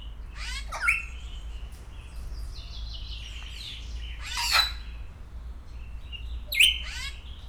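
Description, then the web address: Grey parrot squawks: three harsh, loud bursts with whistled tones, spaced a few seconds apart, with softer chirping in between and background hum. Captive grey parrot at a zoo in Szeged, 2011, vocalising intermittently with pauses. "szegedizoo 2011 jakopapagaj jako szunetekkelmegszolal"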